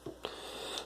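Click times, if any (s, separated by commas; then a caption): 0.2 s. A cable connector is pressed into the electrical opening of a replacement water heater during wiring, giving a sharp click at 0.3 s followed by a fainter tick near 0.8 s. The connector locks into place.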